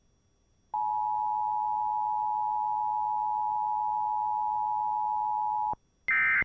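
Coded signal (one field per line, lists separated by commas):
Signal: Emergency Alert System (SAME) tones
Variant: 853 and 960 Hz attention tone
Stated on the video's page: EAS tones from Sunday morning tests.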